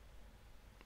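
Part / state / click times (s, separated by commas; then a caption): lower interior trim panel clipped into car tailgate / released / 0.8 s. The clipped-on lower plastic trim panel of a Tesla Model Y tailgate is pulled off. After near-silent quiet, the clips let go with a short snap at 0.8 s, and the panel comes free.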